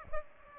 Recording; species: mosquito wingbeat signal from an infrared sensor; Aedes aegypti